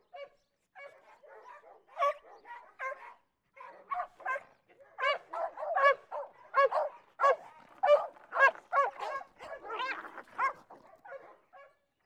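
Dogs fighting: a rapid, chaotic run of harsh barks, yelps and snarling growls, bursts bunching closer together midway before easing into scattered yelps.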